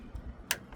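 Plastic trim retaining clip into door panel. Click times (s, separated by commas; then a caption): 0.5 s. A reset plastic trim retaining clip on a 2005–2015 Toyota Hilux N70 is pushed back into its hole in the door panel during a front speaker install using all original parts and wiring. After a few soft low thumps, one sharp, loud click lands at 0.5 s, followed by a faint tick near 0.7 s. The clip is seated.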